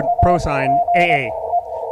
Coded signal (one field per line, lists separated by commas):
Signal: Morse code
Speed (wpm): 22 wpm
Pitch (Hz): 690 Hz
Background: speech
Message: AGE